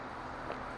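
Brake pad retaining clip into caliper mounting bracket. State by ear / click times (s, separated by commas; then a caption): not seated / none. A metal anti-rattle brake pad retaining clip is being handled and pressed toward the caliper mounting bracket during a front brake pad replacement on a 2013 Hyundai Elantra. Only a steady, broadband background noise is heard, with a brief faint bump around 0.5 s. The clip has not snapped into place or seated yet.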